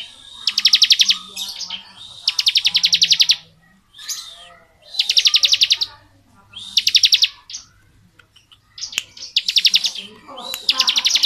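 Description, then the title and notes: Bar-winged prinia song: rapid buzzy trills of sharp high pulses, each burst about a second long, repeated with short pauses and softer chirps between. Bar-winged prinia singing in the 'ngebren' style; recording used as training (masteran) audio for white-rumped shamas (murai batu). "Ciblek Ngebren Untuk Masteran Murai Batu. Suara burung ciblek - Suara Nada"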